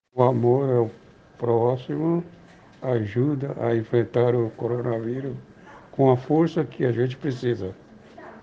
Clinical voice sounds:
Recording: spoken sentence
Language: Brazilian Portuguese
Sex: male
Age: 50 to 59 years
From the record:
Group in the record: respiratory insufficiency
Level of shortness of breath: 5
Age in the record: 59 years

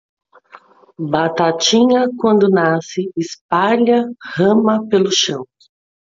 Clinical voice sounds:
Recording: short text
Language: Brazilian Portuguese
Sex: female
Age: 40 to 49 years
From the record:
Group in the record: control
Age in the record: 42 years

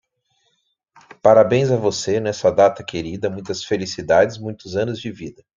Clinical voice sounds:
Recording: short text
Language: Brazilian Portuguese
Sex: male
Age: 40 to 49 years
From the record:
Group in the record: control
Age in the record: 41 years

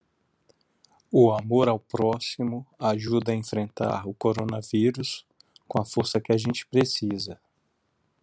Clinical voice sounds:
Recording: spoken sentence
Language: Brazilian Portuguese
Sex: male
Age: 50 to 59 years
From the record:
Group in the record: control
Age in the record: 55 years

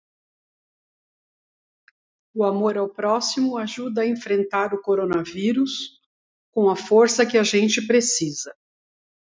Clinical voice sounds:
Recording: spoken sentence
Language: Brazilian Portuguese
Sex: female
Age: 60 to 69 years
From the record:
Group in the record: control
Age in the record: 62 years

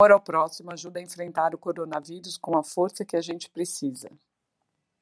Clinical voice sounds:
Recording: spoken sentence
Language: Brazilian Portuguese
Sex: female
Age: 50 to 59 years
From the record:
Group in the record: control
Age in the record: 58 years

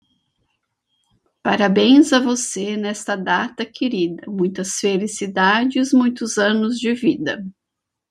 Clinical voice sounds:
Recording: short text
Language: Brazilian Portuguese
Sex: female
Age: 50 to 59 years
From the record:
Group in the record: control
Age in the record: 57 years

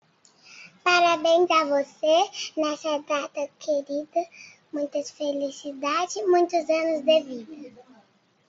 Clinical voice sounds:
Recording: short text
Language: Brazilian Portuguese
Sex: male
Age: 50 to 59 years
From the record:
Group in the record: control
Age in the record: 55 years

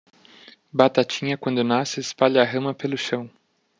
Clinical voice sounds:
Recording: short text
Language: Brazilian Portuguese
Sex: male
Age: 30 to 39 years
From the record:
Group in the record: control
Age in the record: 33 years

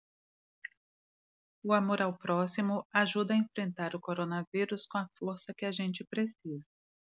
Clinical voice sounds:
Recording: spoken sentence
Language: Brazilian Portuguese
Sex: female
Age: 50 to 59 years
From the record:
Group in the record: control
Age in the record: 51 years

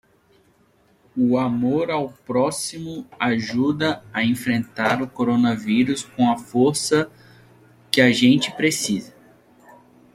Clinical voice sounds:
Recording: spoken sentence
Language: Brazilian Portuguese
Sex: male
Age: 30 to 39 years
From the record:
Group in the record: control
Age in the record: 33 years

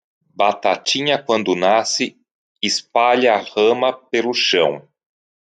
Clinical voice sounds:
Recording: short text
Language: Brazilian Portuguese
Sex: male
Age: 50 to 59 years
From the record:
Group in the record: control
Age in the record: 58 years

